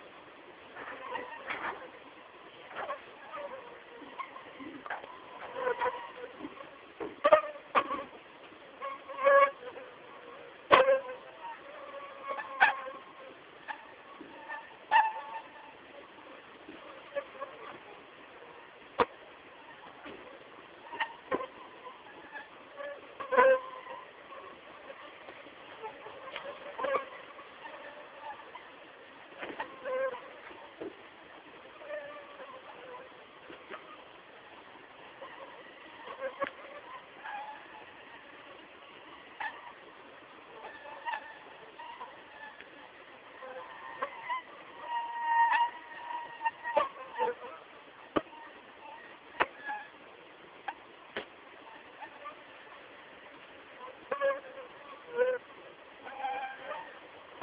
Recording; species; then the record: mosquito flight sound by mobile phone; Aedes aegypti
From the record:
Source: Auburn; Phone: Samsung T209